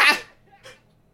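A single sharp, hissy sneeze from an adult man bursts out at full force and fades within about a quarter second, brought on by an allergy attack. A soft, brief follow-up noise comes half a second later.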